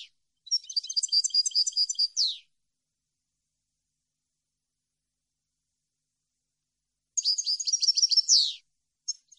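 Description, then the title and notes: European goldfinch song: two bright twittering phrases of quick liquid notes ending in buzzy downslurs, separated by a long silence, then a short fragment. Clean goldfinch song for copying, used for song training. "Cd Jilguero. Cd de canto de jilguero limpio para copia"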